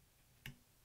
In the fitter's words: it till it clicks click